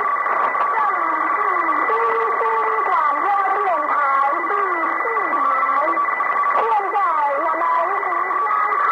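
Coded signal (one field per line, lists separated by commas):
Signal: numbers station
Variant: V13, Mandarin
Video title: The Conet Project 013 - New Star Broadcasting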